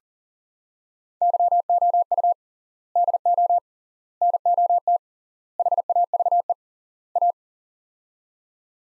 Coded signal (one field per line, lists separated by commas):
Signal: Morse code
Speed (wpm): 40 wpm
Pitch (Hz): 700 Hz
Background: none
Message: YOU DO NOT HAVE A